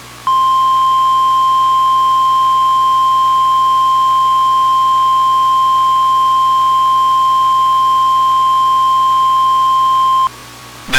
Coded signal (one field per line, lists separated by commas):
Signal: Emergency Alert System (SAME) tones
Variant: 1050 Hz attention tone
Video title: EAS Mock: SVR, Out of nowhere!